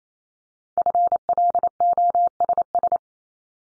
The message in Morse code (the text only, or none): FLOSS